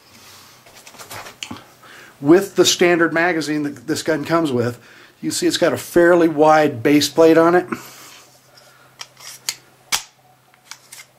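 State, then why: Not seated. Someone talks while the standard magazine of a .22LR Kimber conversion, with a fairly wide base plate, is pushed into a 1911 fitted with a Chip McCormick extended magazine well, with a few sharp taps near the start and around 9.0 to 10.9 s. The wide base plate stops it short, leaving a gap, so the magazine has not seated or latched and nothing has clicked yet.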